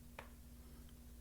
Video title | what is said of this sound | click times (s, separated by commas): Dragon Touch X10 tablet Unboxing and Review. Benchmarking inexpensive Android Tablet | Heard that click. | 0.2 s